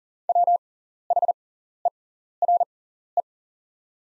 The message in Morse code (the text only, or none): WHERE